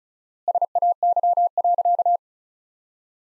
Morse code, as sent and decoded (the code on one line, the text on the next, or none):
... .- -.-- .-.-.-
SAY.